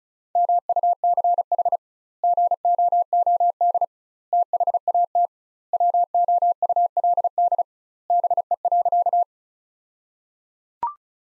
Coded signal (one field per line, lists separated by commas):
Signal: Morse code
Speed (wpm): 36 wpm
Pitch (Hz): 700 Hz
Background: none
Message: MUCH GOOD THAT WOULD BE.